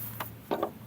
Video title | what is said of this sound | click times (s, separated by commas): BLUETTI PV200 Panneau solaire pliable - 200 W #bluetti | a le petit point rouge avec le petit point rouge ça fait clic voilà c'est fini et là qu'est-ce qu'on a | 0.2 s, 0.6 s